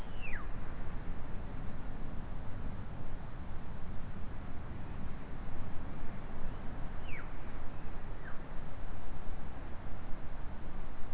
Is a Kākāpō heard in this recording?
no